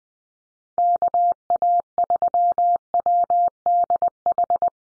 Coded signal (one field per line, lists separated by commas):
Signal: Morse code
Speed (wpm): 20 wpm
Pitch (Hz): 700 Hz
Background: none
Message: KA3WDH